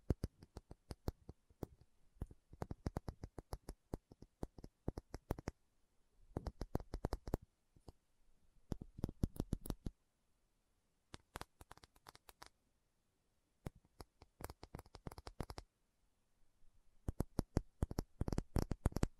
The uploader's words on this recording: ASMR 1 Hour Tapping Session (No Talking).